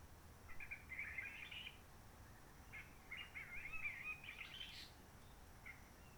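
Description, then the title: Réunion bulbul delivering rambling, scratchy warbled phrases, a longer one ending with a higher sharp note, over a quiet hissing background. Roche Merveilleuse forest, Réunion; quiet since 19 March 2020 lockdown, no visitors, microlights or helicopters; sunny, blue sky; birds not very active; sings simpler short phrases, adapted to noise pollution. "Roche Merveilleuse, Réunion - Merle de lîle de la Réunion."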